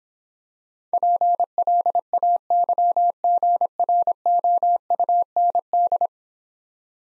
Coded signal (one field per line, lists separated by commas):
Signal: Morse code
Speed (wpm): 26 wpm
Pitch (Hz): 700 Hz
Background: none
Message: PLAYGROUND